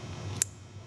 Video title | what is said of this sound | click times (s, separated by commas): Install Video ElectroSport Regulator Rectifier on VTX 1800 | so you hear that click that's the click that you need to hear in order to ensure that your wires have been reconnected properly | 0.4 s